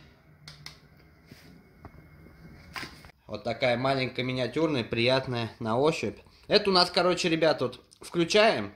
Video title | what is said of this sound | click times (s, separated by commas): Видео обзор Eken H9R/H9 Экшн-камера+рассказываю как вялить рыбу. | даже сами не можешь закрыть воды и тут до щелчка все вот | 0.5 s, 0.7 s